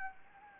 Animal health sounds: mosquito wingbeat signal from an infrared sensor; Anopheles gambiae

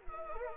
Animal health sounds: mosquito wingbeat signal from an infrared sensor; Anopheles arabiensis

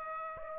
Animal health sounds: mosquito wingbeat signal from an infrared sensor; Aedes aegypti

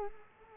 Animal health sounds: mosquito wingbeat signal from an infrared sensor; Culex quinquefasciatus

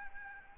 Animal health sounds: mosquito wingbeat signal from an infrared sensor; Aedes albopictus

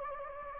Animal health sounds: mosquito wingbeat signal from an infrared sensor; Anopheles gambiae

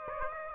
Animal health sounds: mosquito wingbeat signal from an infrared sensor; Aedes aegypti

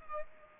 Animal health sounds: mosquito wingbeat signal from an infrared sensor; Culex pipiens

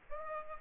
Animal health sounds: mosquito wingbeat signal from an infrared sensor; Aedes aegypti

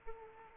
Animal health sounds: mosquito wingbeat signal from an infrared sensor; Aedes aegypti

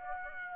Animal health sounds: mosquito wingbeat signal from an infrared sensor; Aedes aegypti

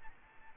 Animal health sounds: mosquito wingbeat signal from an infrared sensor; Aedes albopictus

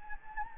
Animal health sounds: mosquito wingbeat signal from an infrared sensor; Anopheles gambiae

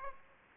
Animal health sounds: mosquito wingbeat signal from an infrared sensor; Aedes aegypti

